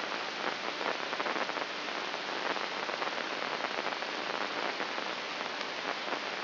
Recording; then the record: brain microelectrode recording played as sound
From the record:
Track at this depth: inside the subthalamic nucleus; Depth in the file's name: 7.043 mm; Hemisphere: left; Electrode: 2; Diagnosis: Parkinson's disease